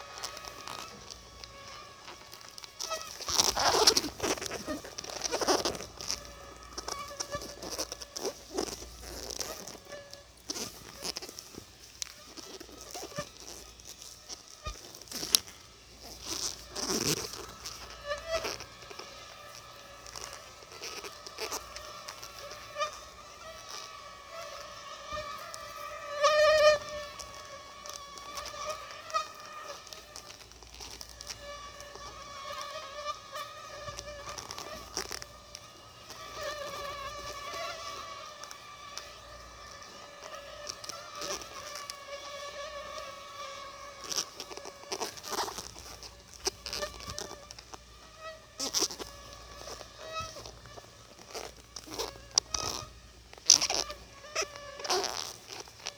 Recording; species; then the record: mosquito flight sound by mobile phone; Aedes albopictus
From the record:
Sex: female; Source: CDC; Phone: Sony Xperia